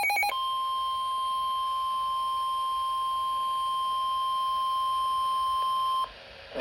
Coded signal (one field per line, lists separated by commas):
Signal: Emergency Alert System (SAME) tones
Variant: 1050 Hz attention tone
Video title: EAS #1106 Severe Thunderstorm Warning